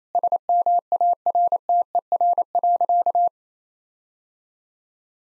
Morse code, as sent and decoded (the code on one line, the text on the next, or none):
... -- .- .-. - . .-. .-.-.-
SMARTER.